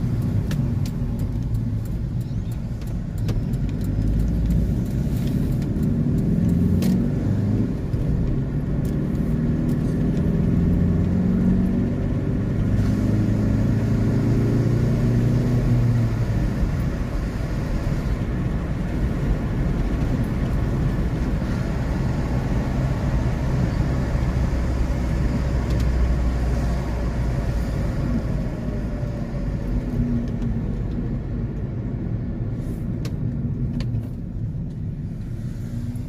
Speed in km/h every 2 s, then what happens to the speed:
17, 24, 37, 46, 55, 64, 72, 77, 73, 71, 69, 67, 63, 55, 44, 34, 17, 10.
0-13 speeds up to 77. 14-36 slows to 10.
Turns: 0-3.